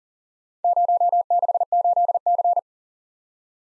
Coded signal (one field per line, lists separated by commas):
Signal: Morse code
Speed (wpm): 42 wpm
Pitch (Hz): 700 Hz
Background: none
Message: 068C